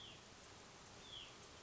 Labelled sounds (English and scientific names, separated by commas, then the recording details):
Hutton's Vireo (Vireo huttoni)
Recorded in Sonoma County, California